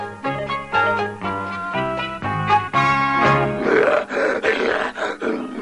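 A lion roars in a string of deep, tonal bursts that swell into a louder, rougher and more ragged roar toward the end, with no voices alongside.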